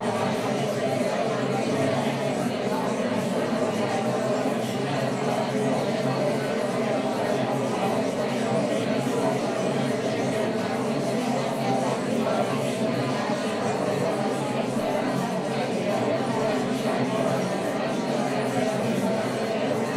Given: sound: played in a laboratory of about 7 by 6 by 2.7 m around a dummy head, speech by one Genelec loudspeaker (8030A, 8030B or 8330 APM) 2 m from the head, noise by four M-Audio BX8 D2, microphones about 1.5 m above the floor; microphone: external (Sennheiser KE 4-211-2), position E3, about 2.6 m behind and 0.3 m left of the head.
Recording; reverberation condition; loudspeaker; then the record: babble noise; medium; four, about 170 cm from the corners of the room and facing them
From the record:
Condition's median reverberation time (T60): about 510 ms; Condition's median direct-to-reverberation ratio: about -0.5 dB